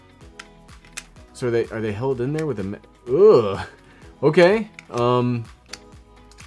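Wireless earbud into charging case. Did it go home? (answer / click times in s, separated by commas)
partly / 5.7 s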